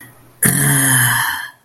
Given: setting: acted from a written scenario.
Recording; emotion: vocal sound without words; pain